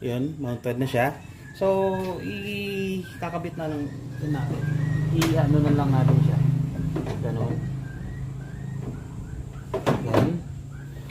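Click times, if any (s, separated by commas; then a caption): 9.7 s. Someone talks while a tailgate handle assembly with camera provision for a 2018-up Toyota Hilux Conquest is pushed into the tailgate opening. A sharp, short snap at 9.7 s marks its plastic locking tab engaging in the tailgate panel, and the handle is seated.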